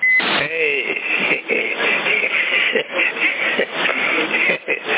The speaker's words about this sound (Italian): Senti, quello col bip a me mi piace. Adesso li tolgo il bip, aspetta.